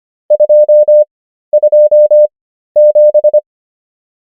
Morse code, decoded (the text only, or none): 227